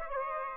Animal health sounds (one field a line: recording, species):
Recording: mosquito wingbeat signal from an infrared sensor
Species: Aedes aegypti